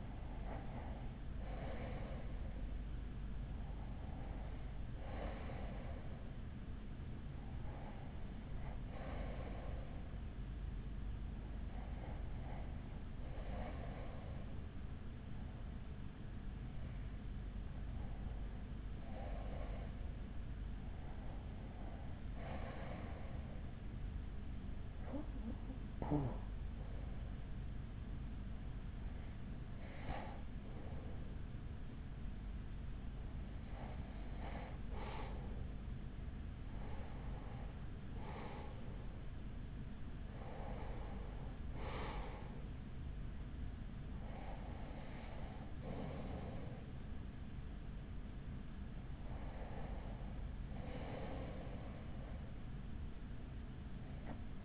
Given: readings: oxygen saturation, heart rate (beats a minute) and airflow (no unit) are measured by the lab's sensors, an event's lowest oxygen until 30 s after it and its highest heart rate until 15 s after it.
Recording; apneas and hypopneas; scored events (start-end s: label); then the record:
breathing in sleep by a smartphone at the bedside; none
none scored
From the record:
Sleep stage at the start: N1 (lightest sleep); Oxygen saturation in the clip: 92 to 94%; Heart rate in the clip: 41 to 53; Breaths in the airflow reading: 14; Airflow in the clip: -7.8 to 6.8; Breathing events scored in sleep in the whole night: 207 in 7.6 hours asleep